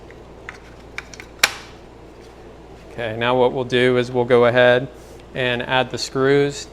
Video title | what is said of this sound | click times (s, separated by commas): DJI RoboMaster S1 Build Video | snap into place okay | 1.4 s